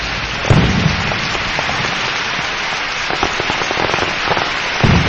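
Steady audience applause fills the whole stretch, a dense crackle of many hands clapping at once, loud and even, with a few sharper claps standing out and no voices over it.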